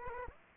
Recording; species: mosquito wingbeat signal from an infrared sensor; Aedes aegypti